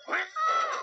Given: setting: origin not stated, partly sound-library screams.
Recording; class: one-second piece from a danger detection set; woman in danger